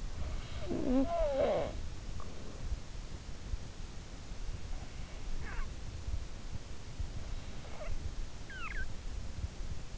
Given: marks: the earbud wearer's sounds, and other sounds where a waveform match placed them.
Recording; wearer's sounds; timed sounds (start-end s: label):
sounds in sleep by an in-ear microphone; snoring breath
0.00-2.45 s: snoring breath